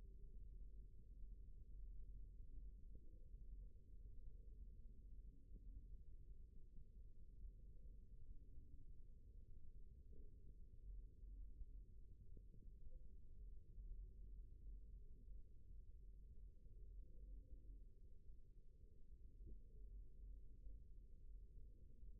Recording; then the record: forearm muscle sounds (acoustic myography)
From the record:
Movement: rest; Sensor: system 1, eight BSWA MPA416 microphones around the upper forearm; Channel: 4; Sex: male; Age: 20 years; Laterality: left